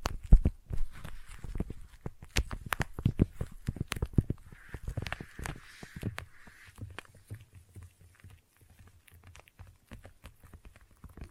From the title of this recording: Intense Sticky Tapping and Sticky Triggers